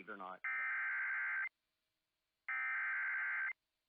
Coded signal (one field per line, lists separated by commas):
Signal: Emergency Alert System (SAME) tones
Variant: header bursts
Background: speech